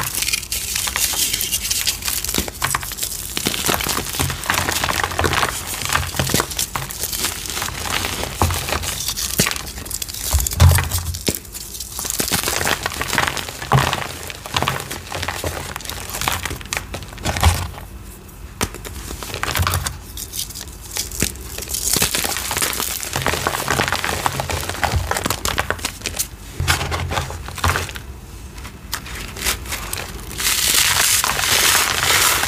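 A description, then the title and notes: Dry cornstarch chunks and chalk crunch and crumble, a dense run of crisp, gritty crackles with sharper snaps scattered throughout. The texture stays busy and bright for the whole stretch, with brief thinner pauses around 12, 18 and 27 seconds. BLUE Citric Acid Dyed Chalk Series. Crispy, crunchy, flaky, gritty cornstarch crunchies and dyed gym chalk crumbling ASMR.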